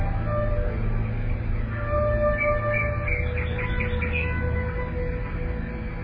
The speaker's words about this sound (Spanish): de pie en un sendero, en este valle verde, poblado de árboles y mucha vegetación, y esos pájaros que oyes, les ves volando de rama en rama.